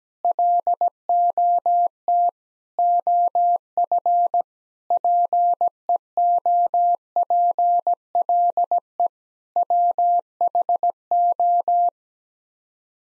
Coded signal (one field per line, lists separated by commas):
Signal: Morse code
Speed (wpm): 17 wpm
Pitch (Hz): 700 Hz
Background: none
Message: LOT OF PEOPLE WHO